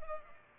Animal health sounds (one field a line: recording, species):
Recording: mosquito wingbeat signal from an infrared sensor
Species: Culex pipiens